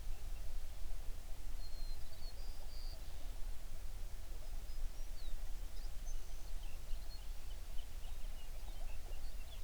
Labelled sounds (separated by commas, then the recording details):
songbird
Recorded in the Prudhoe Bay oil fields, Alaska, on 11 June 2019 at 05:19
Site 21